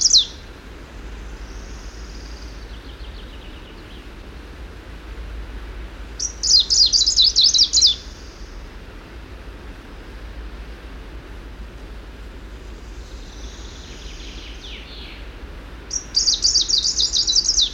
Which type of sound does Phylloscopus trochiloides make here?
song